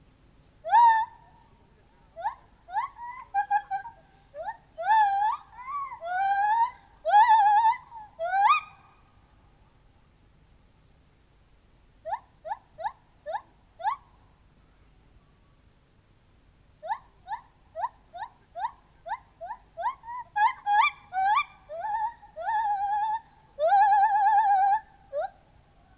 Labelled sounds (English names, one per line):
Lar Gibbon